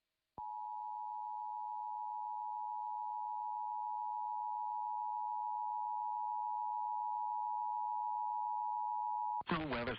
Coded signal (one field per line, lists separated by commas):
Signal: Emergency Alert System (SAME) tones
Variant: 853 and 960 Hz attention tone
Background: speech